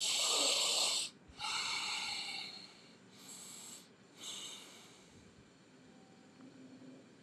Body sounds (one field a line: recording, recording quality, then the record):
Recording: shallow breathing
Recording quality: excellent, no background noise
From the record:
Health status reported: healthy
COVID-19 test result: not tested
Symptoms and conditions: none ticked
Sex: male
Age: 46 years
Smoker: not ticked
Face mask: not worn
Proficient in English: yes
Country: India